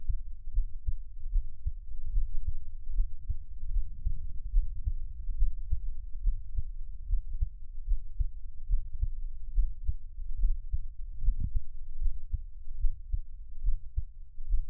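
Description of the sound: An adult's own heartbeat, heard up close for ASMR, with no talking.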